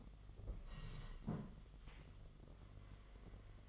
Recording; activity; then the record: daily activity, microphone in the room; sit down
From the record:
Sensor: 4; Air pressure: 1006.0 hPa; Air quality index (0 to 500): 111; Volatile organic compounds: 3 ppm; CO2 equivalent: 1399 ppm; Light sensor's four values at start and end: 12/28/11/10 and 13/28/11/10